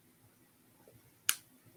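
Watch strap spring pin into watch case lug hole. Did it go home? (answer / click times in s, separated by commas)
yes / 1.3 s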